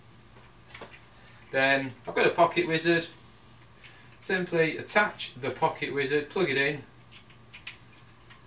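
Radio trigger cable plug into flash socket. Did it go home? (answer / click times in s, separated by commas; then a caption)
yes / 7.7 s. A radio trigger is attached to a flash and its trigger cable plug is pushed into the flash socket while someone talks. A sharp, short click at 7.7 s marks the plug seating, and an earlier faint tick comes at 0.8 s.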